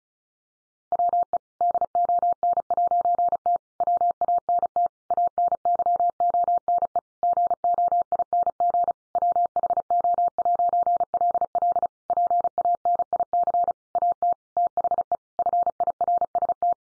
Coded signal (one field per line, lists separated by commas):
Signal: Morse code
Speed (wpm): 34 wpm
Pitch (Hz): 700 Hz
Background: none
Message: WE DON'T WANT ANYONE GOING WHO'LL PANIC AT THE FIRST